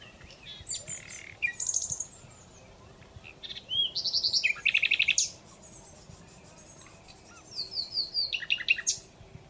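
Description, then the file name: Common Nightingale delivering short phrases of high whistles and quick rattles, separated by brief pauses, each phrase different in pattern. "Luscinia megarhynchos"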